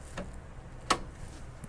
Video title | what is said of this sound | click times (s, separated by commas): Dell PowerEdge R940xa Power Supplies Overview - Power Supplies Options - How to Install Hot swap PSU | When it gets right here, you'll see this will kind of click into place. | 0.9 s